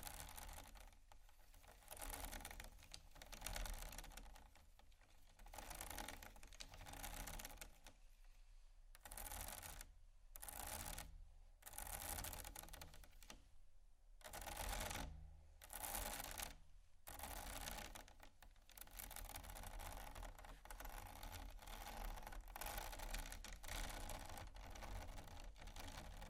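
Something is scratched across bumpy items in rapid, rattling bursts with brief pauses, the texture gritty and bright over a low steady hum.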